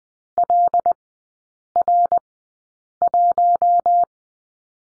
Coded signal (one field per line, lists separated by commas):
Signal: Morse code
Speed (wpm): 20 wpm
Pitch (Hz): 700 Hz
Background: none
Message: LR1